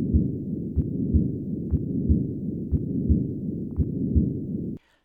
Patent Ductus Arteriosus. This continuous murmur peaks at the second heart sound.